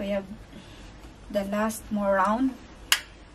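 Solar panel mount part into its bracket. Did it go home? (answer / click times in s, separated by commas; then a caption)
yes / 2.9 s. A balcony solar panel mount part is being fitted into its bracket while someone talks. A short, sharp click at 2.9 s marks the part seating into place.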